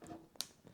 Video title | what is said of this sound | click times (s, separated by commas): Unboxing and Installing the Worx Landroid ACS Module | okay there we go there it snapped | 0.4 s